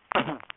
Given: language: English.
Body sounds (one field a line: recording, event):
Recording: throat vibration sensor signal played as sound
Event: cough